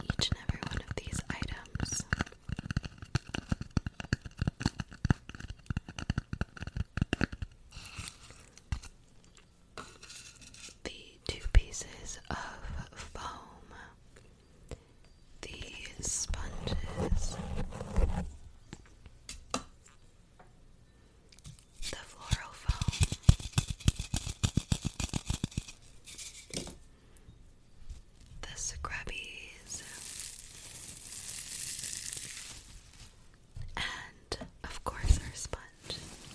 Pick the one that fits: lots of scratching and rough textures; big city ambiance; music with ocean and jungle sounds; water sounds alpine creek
lots of scratching and rough textures